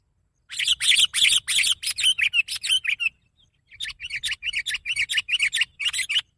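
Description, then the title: Sooty-headed bulbul singing two runs of rapid, bright chirping notes separated by a brief pause. "kutilang"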